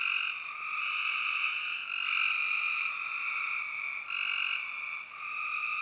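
Spring peeper chorus of overlapping high, piercing peeps forming a continuous shrill drone with small swells.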